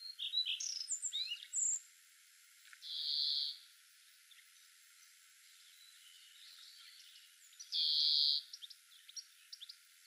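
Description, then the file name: European greenfinch calls: rapid twittering notes at first, then two long, buzzy, wheezing notes about five seconds apart, with scattered softer chirps. "Chloris chloris"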